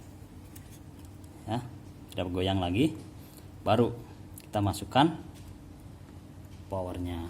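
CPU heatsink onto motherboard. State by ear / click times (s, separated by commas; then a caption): not seated / none. A CPU heatsink with plastic push pins is being handled over the processor on a motherboard while someone talks. Small sharp ticks come at 0.6 s and 1.2 s, but nothing has seated or clicked into place yet.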